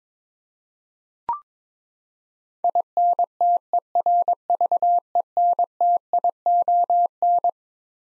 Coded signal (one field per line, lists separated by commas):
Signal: Morse code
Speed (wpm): 22 wpm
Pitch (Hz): 700 Hz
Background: none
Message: INTERVENTION